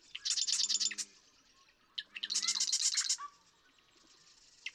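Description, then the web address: Marsh Wren song: two gurgling, rattling bursts of rapid buzzy notes, each about a second long, separated by a short pause, with faint lower tones beneath. "birdsongforthecurious Marsh Wren"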